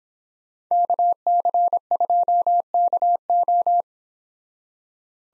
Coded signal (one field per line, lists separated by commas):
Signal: Morse code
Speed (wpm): 30 wpm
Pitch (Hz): 700 Hz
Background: none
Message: KC2KO